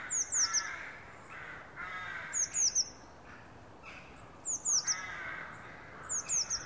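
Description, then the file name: Eurasian blue tit giving sharp, high-pitched downslurred notes in tight groups of two or three, repeated about every two seconds against soft background noise. "Cyanistes caeruleus"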